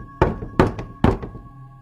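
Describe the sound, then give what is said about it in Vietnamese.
Late at night, a woman knocks on a door again: three firm, hollow knocks at an even pace, two of them followed by a softer rebound tap, over a faint steady hum with no talking. “Không có ai đáp, người đàn bà lại gõ thêm.”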